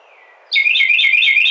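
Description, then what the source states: Carolina wren song: a loud, rapid rolling series of repeated two-note phrases, sweeping between high pitches, starting abruptly after a faint thin whistle. Recorded 30 April 2009.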